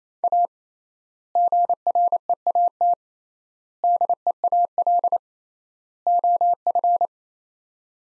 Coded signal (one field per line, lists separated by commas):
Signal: Morse code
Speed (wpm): 28 wpm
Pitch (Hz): 700 Hz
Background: none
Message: A GREAT DEAL OF